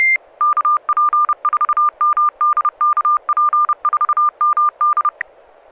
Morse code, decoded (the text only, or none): KP4MD KP4MD